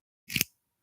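A pen opening mechanism in an aluminum pen body is clicked open, releasing with two sharp, bright clicks at 0.4 s and 0.4 s over a brief sliding rustle. The sound fades out by about half a second.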